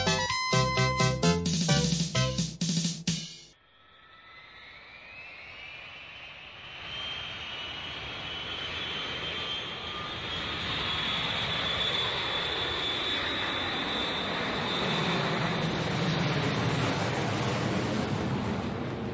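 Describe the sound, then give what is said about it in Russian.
A short musical jingle plays, then a steady roar of a Garuda airliner's jet engines swells in, on flight 333 from Calcutta to Moscow at an altitude of 3000 metres, with a high whine rising above the broad drone and holding loud to the end. “Авиалайнер «Гаруда». Наш самолет выполняет рейс 333 Калькутта-Москва.”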